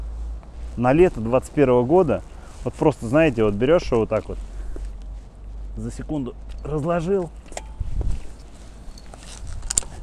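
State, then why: Seated. Someone talks while unfolding an electric scooter, a 2021 Midway model, in about a second. The stem's folding latch then locks with a loud metallic double click at 9.7 s and 9.8 s, and the latch is seated.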